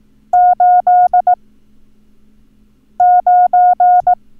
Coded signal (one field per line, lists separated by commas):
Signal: Morse code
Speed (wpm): 18 wpm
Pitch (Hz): 720 Hz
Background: none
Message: 89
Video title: Learn Morse Code - Numbers - Lesson 4